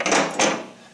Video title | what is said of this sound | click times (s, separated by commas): Martin Yale® Mark VII Inroduction and Set up | and it simply locks into place like so. | 0.4 s